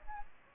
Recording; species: mosquito wingbeat signal from an infrared sensor; Aedes aegypti